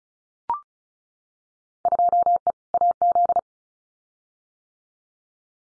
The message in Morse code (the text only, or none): 2E AZ